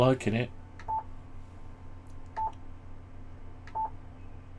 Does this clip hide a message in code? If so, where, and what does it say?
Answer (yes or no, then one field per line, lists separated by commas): no